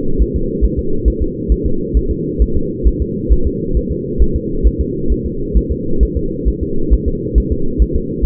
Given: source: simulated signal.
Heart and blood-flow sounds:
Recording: fetal heart sounds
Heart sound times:
0.22 s: S1
0.36 s: S2
0.65 s: S1
0.79 s: S2
1.08 s: S1
1.22 s: S2
1.52 s: S1
1.66 s: S2
1.97 s: S1
2.11 s: S2
2.42 s: S1
2.57 s: S2
2.88 s: S1
3.02 s: S2
3.32 s: S1
3.47 s: S2
3.77 s: S1
3.91 s: S2
4.22 s: S1
4.36 s: S2
4.67 s: S1
4.81 s: S2
5.12 s: S1
5.26 s: S2
5.57 s: S1
5.72 s: S2
6.03 s: S1
6.17 s: S2
6.48 s: S1
6.63 s: S2
6.93 s: S1
7.08 s: S2
7.38 s: S1
7.52 s: S2
7.82 s: S1
7.96 s: S2
8.25 s: S1
From the record:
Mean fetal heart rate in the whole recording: 135 bpm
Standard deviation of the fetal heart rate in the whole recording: 3 bpm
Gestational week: 34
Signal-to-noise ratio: -8.1 dB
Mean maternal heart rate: 72 bpm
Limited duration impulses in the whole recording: absent

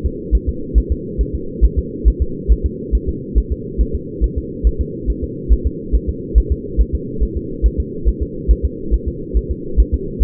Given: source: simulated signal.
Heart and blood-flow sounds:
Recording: fetal heart sounds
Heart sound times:
0.06 s: S2
0.35 s: S1
0.49 s: S2
0.78 s: S1
0.92 s: S2
1.21 s: S1
1.35 s: S2
1.65 s: S1
1.79 s: S2
2.08 s: S1
2.22 s: S2
2.52 s: S1
2.66 s: S2
2.95 s: S1
3.09 s: S2
3.38 s: S1
3.52 s: S2
3.81 s: S1
3.95 s: S2
4.24 s: S1
4.38 s: S2
4.67 s: S1
4.81 s: S2
5.10 s: S1
5.24 s: S2
5.53 s: S1
5.67 s: S2
5.95 s: S1
6.09 s: S2
6.38 s: S1
6.52 s: S2
6.81 s: S1
6.95 s: S2
7.23 s: S1
7.37 s: S2
7.66 s: S1
7.80 s: S2
8.09 s: S1
8.23 s: S2
8.51 s: S1
8.65 s: S2
8.94 s: S1
9.08 s: S2
9.37 s: S1
9.51 s: S2
9.80 s: S1
9.94 s: S2
10.23 s: S1
From the record:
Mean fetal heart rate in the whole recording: 140 bpm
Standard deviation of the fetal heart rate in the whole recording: 2 bpm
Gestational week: 34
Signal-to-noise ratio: -4.3 dB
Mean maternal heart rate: 72 bpm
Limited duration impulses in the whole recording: absent

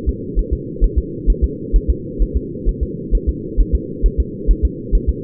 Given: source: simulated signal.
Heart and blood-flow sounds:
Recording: fetal heart sounds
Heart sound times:
0.09 s: S2
0.39 s: S1
0.53 s: S2
0.84 s: S1
0.98 s: S2
1.30 s: S1
1.44 s: S2
1.76 s: S1
1.90 s: S2
2.22 s: S1
2.37 s: S2
2.69 s: S1
2.83 s: S2
3.15 s: S1
3.29 s: S2
3.60 s: S1
3.75 s: S2
4.06 s: S1
4.20 s: S2
4.51 s: S1
4.65 s: S2
4.95 s: S1
5.09 s: S2
From the record:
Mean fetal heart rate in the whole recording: 135 bpm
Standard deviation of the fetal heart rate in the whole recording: 3 bpm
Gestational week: 36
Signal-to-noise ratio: -4.1 dB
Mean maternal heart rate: no maternal heart sound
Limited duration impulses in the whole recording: absent

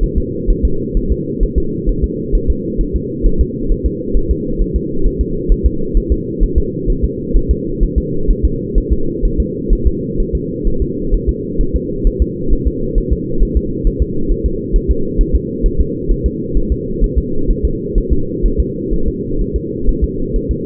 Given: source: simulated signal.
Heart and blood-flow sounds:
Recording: fetal heart sounds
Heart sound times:
0.04 s: S1
0.18 s: S2
0.50 s: S1
0.65 s: S2
0.97 s: S1
1.12 s: S2
1.43 s: S1
1.58 s: S2
1.89 s: S1
2.04 s: S2
2.35 s: S1
2.50 s: S2
2.81 s: S1
2.96 s: S2
3.27 s: S1
3.41 s: S2
3.72 s: S1
3.86 s: S2
4.17 s: S1
4.31 s: S2
4.62 s: S1
4.76 s: S2
5.06 s: S1
5.21 s: S2
5.52 s: S1
5.66 s: S2
5.97 s: S1
6.12 s: S2
6.43 s: S1
6.58 s: S2
6.90 s: S1
7.05 s: S2
7.37 s: S1
7.51 s: S2
7.84 s: S1
7.98 s: S2
8.31 s: S1
8.45 s: S2
8.78 s: S1
8.93 s: S2
9.25 s: S1
9.40 s: S2
9.73 s: S1
9.87 s: S2
10.20 s: S1
10.35 s: S2
10.68 s: S1
10.82 s: S2
11.14 s: S1
11.29 s: S2
11.61 s: S1
11.76 s: S2
12.07 s: S1
12.22 s: S2
12.53 s: S1
12.67 s: S2
12.98 s: S1
13.12 s: S2
13.43 s: S1
13.57 s: S2
13.87 s: S1
14.02 s: S2
14.31 s: S1
14.46 s: S2
14.76 s: S1
14.91 s: S2
15.21 s: S1
15.35 s: S2
15.66 s: S1
15.81 s: S2
16.11 s: S1
16.26 s: S2
16.57 s: S1
16.72 s: S2
17.04 s: S1
17.18 s: S2
17.51 s: S1
17.65 s: S2
17.98 s: S1
18.12 s: S2
18.46 s: S1
18.60 s: S2
18.94 s: S1
19.08 s: S2
19.42 s: S1
19.56 s: S2
19.89 s: S1
20.04 s: S2
20.36 s: S1
20.51 s: S2
From the record:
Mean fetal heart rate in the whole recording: 130 bpm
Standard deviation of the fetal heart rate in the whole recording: 2 bpm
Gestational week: 38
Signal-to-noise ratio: -8.1 dB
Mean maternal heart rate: 72 bpm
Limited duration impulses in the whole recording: absent

